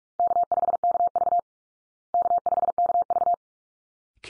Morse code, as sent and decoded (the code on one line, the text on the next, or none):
-.- ..... -.- ...- / -.- ..... -.- ...-
K5KV K5KV